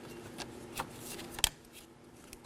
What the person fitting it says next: So, make sure you hear that click. Make sure it's secure.